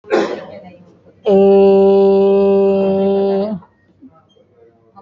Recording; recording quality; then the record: sustained vowel as in made; excellent, no background noise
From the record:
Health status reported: exposed to COVID-19, no respiratory illness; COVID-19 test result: negative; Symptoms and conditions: none ticked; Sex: female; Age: 52 years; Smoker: not ticked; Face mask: worn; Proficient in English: yes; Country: India